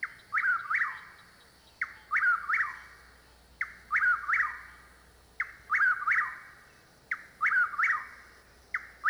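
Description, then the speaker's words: Chuck-will's-widow song: several clear whistled phrases, each a short note followed by swooping notes, repeated at a steady pace. Heard over a chorus of frogs. "the Chuckwill's widow, heard here over a chorus of frogs."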